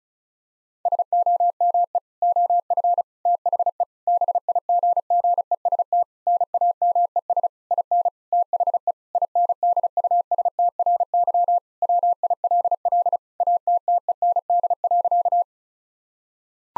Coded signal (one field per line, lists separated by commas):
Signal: Morse code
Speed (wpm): 36 wpm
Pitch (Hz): 700 Hz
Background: none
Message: SOME OF THE BIGGEST NAMES IN THE INDUSTRY WILL ATTEND.